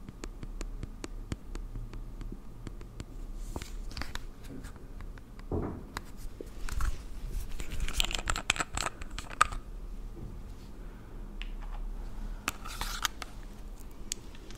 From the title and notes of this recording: ASMR First person Makeup On Your Face(No Talking).